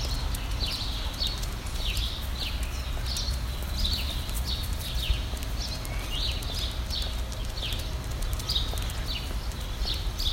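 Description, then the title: Bird chirping in evenly spaced, downward-sliding high notes above a steady low hum. "Birds Chirping Meditation"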